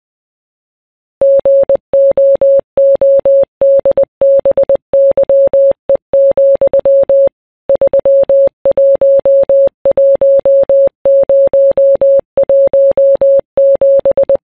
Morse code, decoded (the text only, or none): GOODBYE, 311017